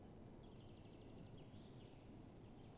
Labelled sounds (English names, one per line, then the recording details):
Common Chaffinch
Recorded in Germany
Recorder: ecoPi